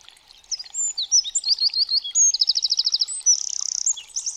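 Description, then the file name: Eurasian wren song: a rapid string of high twittering notes, a series of repeated notes and a fast buzzing trill, ending in a quick flourish. "STRZYZYK"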